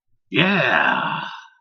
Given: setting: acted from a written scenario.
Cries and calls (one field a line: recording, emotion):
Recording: vocal sound without words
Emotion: triumph